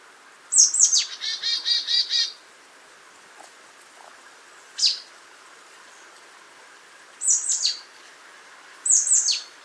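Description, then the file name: Marsh tit calls: sharp, high downslurred notes, one burst followed by a run of harsh buzzy notes, then further short bursts of high notes spaced a few seconds apart. "Poecile palustris"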